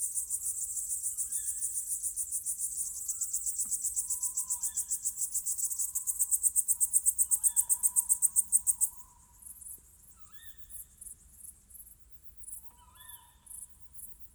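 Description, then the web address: Crickets pulse rapidly and high for about nine seconds, then drop away, while short lower tonal calls repeat throughout. Summer night ambience with crickets. "Ivo Vicic - Natural ambiences vol 1 Crickets_owls_summer night"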